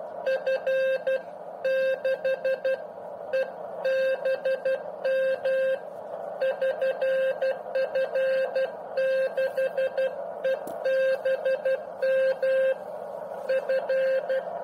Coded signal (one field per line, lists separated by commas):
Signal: Morse code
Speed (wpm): 12 wpm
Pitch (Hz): 1600 Hz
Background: radio noise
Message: F6EBM <SN> F6EBM F